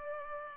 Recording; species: mosquito wingbeat signal from an infrared sensor; Culex pipiens